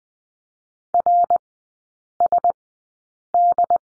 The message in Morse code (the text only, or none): RSD